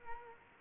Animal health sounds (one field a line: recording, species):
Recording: mosquito wingbeat signal from an infrared sensor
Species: Culex quinquefasciatus